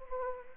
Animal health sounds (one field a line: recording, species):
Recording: mosquito wingbeat signal from an infrared sensor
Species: Anopheles arabiensis